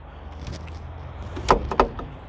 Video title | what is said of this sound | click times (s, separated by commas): BEST CAR EVER MADE?! - Daimler Bernd | it snaps in place at this point | 1.8 s